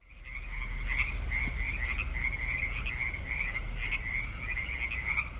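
Frogs calling in a dense chorus, a steady high trilling band of overlapping pulsed notes with no breaks, over a strong low rumbling background noise.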